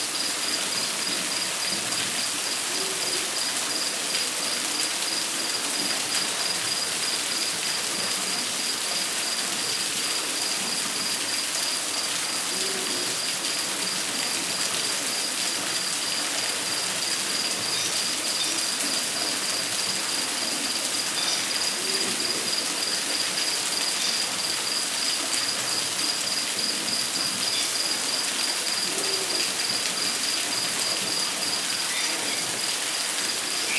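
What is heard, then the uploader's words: Rainforest ambience with a steady, dense hiss like rain falling on leaves, unchanging from start to finish. A thin, high insect trill pulses faintly through it, stronger in the second half, and a few soft low calls surface now and then. Relaxing Rainforest Ambience.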